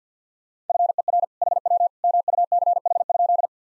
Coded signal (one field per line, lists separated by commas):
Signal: Morse code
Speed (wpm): 50 wpm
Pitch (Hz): 700 Hz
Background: none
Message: FER HW MUCH?